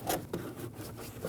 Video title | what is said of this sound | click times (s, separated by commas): How to Replace Spark Plugs 2009-2010 Dodge Ram 1500 (5.7L V8) | There we go. A little bit difficult to see, but as long as you feel it lock in, you | 0.3 s